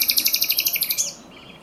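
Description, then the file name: Common nightingale trill: many rapid, evenly spaced loud notes, ending abruptly, then quiet. "Luscinia megarhynchos"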